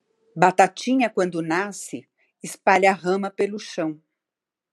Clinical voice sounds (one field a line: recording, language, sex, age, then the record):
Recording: short text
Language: Brazilian Portuguese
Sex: female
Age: 60 to 69 years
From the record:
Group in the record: control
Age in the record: 65 years